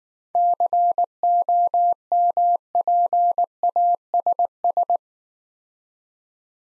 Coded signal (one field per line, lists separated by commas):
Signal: Morse code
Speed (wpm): 19 wpm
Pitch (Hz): 700 Hz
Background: none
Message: COMPASS